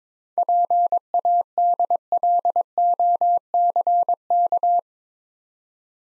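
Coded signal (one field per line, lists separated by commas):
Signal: Morse code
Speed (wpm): 22 wpm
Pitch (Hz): 700 Hz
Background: none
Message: PADLOCK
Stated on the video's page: Morse practice of easy words at 22 wpm in speed-racing format, starting fast and slowing down, with contextual hints.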